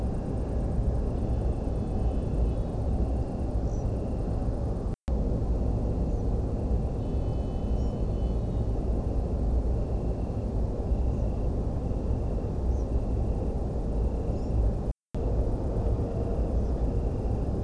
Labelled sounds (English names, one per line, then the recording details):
European Pied Flycatcher
unidentified sound
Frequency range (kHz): European Pied Flycatcher 4.6-8.4 kHz
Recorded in France